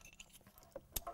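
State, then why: Seated. The car's wiring harness plug is unlocked and pushed into the mating connector of the new amplifier adapter harness, with faint handling rustles and small taps before a sharp click at 0.9 seconds. The plug snaps home and is seated. Wait—click time to one decimal: 0.97 → 1.0. The car's wiring harness plug is unlocked and pushed into the mating connector of the new amplifier adapter harness, with faint handling rustles and small taps leading up to a sharp click at 1.0 seconds. The plug snaps home and is seated.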